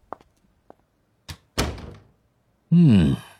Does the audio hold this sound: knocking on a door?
yes